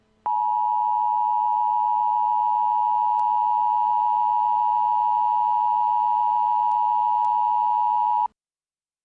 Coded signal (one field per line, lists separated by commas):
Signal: Emergency Alert System (SAME) tones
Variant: 853 and 960 Hz attention tone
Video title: Test EAS Scenario: Heightened Aggression Virus